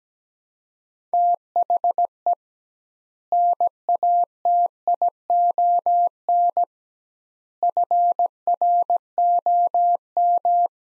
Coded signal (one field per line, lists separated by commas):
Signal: Morse code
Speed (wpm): 17 wpm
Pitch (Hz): 700 Hz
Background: none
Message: THE NATION FROM